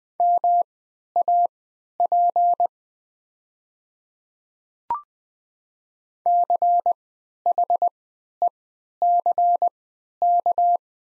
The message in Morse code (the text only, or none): MAP CHECK